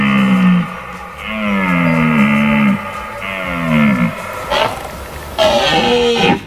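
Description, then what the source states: Red deer roaring: a string of drawn-out, groaning bellows that fall in pitch, with a couple of harsher, rasping bursts toward the end. Rutting roar (berrea).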